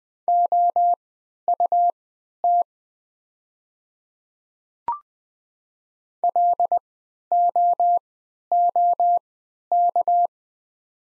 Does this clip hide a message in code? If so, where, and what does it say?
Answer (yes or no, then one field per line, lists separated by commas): yes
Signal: Morse code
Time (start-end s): 0.3-10.3 s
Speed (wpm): 20 wpm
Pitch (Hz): 700 Hz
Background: none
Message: OUT LOOK